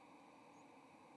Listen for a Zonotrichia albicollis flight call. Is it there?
no